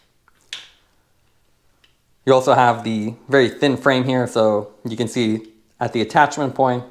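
A temple arm on a pair of Julbo Frequency cycling semi-frameless sunglasses with a REACTIV lens and Grip Tech temples is folded open until its auto-lock hinge snaps into place on the plastic frame. A sharp click is heard at 0.5 s, followed by quiet and then someone talking from about 2.3 s. The arm is seated.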